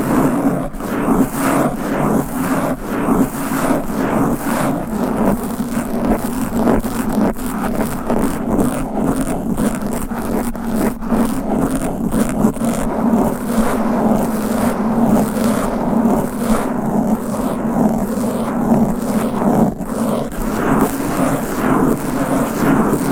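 Fast, aggressive scratching against a microphone continues without a break for the whole stretch, a dense rush of rough scraping strokes. A low steady drone sits underneath, and the level stays high and even, with quick flickers from the rapid strokes.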